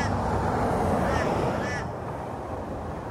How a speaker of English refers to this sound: Was ist das? Krähen? What can I hear? Is it crows or is it lambs? Oder Lämmer? Crows. Crows. Like children crying. Yeah. Krähen. Sie schreien wie Kinder.